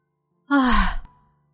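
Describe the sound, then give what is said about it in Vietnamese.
One heavy, breathy exhale from someone tired after running without rest, lasting under a second, with a slight voiced groan in it, trailing off into quiet. No one speaks. “A Hắc thở dốc và đáp.”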